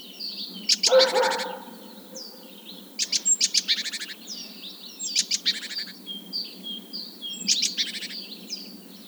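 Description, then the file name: Great tit harsh churring rattles in four bursts of rapid buzzy notes, with a lower rasping chatter at first and thin whistles between. "Parus major"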